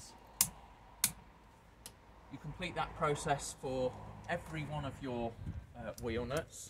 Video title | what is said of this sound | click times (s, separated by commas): How do I hitch up caravan to car? | and push on the torque wrench until it clicks | 0.4 s